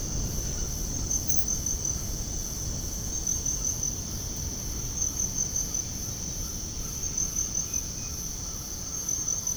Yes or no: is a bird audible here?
no